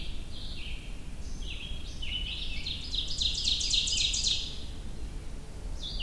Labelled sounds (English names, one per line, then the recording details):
Ovenbird song
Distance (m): 20 m
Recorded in boreal forest in Alberta, Canada, on 23 June 2016 at 06:38
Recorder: SongMeter 3, array SBT-6-76
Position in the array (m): 21 m, 87 m
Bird 2